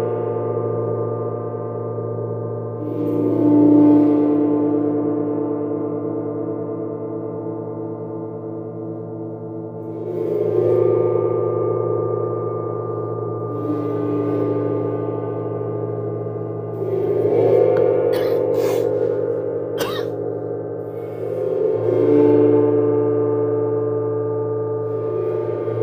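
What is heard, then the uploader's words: Planetary gongs sound in a sound bath, their low, sustained hum holding steady under shimmering, wavering middle tones. New swells bloom around 3, 10, 17 and 22 seconds, each one rising and slowly fading. A few brief brighter taps flicker near 18 to 20 seconds. A Sound Bath with All Six Planetary Gongs.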